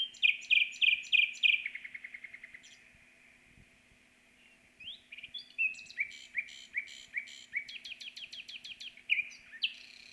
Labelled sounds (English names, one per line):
Common Nightingale song